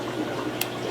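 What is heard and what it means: A 1/4 inch flexible plastic tube is freed from a push-to-connect quick-connect fitting by pushing down the collet ring. Someone talks over a low background hum, and a short, sharp click at 0.6 s marks the tube releasing from the fitting.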